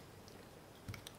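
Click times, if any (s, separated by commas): none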